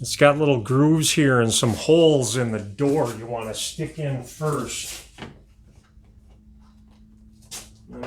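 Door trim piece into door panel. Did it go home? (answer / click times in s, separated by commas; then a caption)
yes / 8.0 s. A trim piece is reinstalled on the door of a 2006-2014 Honda Ridgeline truck: its grooves and pegs go into the holes in the door first, then it is pressed home. Someone talks through the first five seconds, followed by near-quiet and a faint soft sound around 7.4 seconds. The trim piece snaps into the door panel with a short click at 8.0 seconds.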